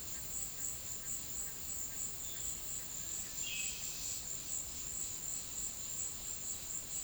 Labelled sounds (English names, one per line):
none